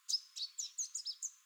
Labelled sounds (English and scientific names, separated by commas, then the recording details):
Chestnut-capped Warbler (Basileuterus delattrii) song
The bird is a female
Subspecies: delattrii
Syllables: 7
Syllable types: 6
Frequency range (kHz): 3.7-7.4 kHz
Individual CR-SRB-F